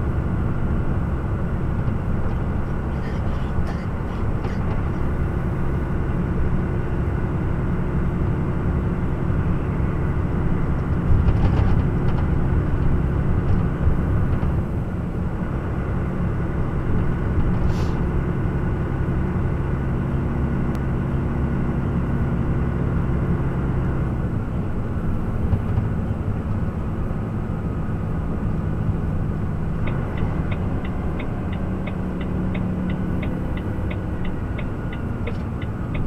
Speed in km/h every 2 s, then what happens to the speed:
46, 47, 47, 48, 46, 48, 47, 47, 47, 48, 46, 44, 43, 41, 41, 40, 37, 31.
0-18 steady at about 47. 18-36 slows to 31.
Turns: none.